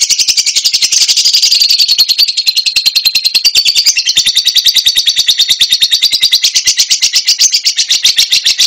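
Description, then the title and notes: Lovebird song: a long, unbroken run of rapid, shrill chattering notes, very fast and steady, wavering slightly in pitch throughout. Recording offered as a master track for training other birds. "Suara Burung Lovbred Mantap Buat Masteran"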